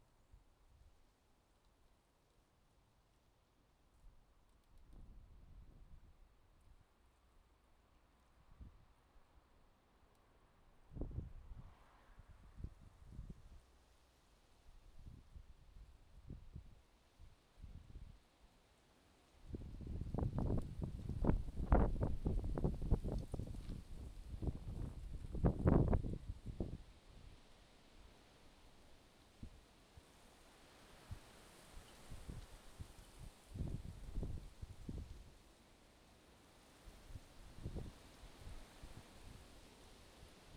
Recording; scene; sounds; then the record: everyday scene through a hearing-aid microphone; wind on the microphone; wind, traffic, birds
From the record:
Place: suburban garden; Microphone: in the ear canal, left